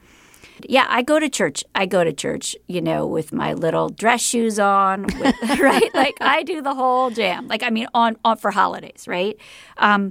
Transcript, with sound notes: Yeah, I go to church. I go to church, you know, with my little dress shoes on.
(Laughter).
Right? Like, I do the whole jam, like, I mean, for holidays, right?